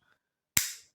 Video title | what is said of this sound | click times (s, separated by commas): Unboxing DJI Osmo Pocket 3 Creator Combo - WHAT'S IN THE BOX?! | there we go oh that's a very satisfying click | 0.6 s